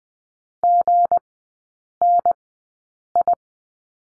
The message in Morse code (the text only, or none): GNI